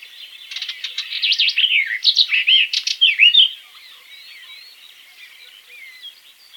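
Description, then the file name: Barred warbler song: a loud rush of scratchy warbling notes for about three seconds, then a quieter, thinner warble trailing off. "slavka jastrebinaja"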